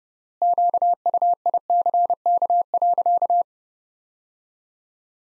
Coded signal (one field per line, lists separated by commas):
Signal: Morse code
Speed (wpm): 32 wpm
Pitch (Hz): 700 Hz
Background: none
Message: QUICK.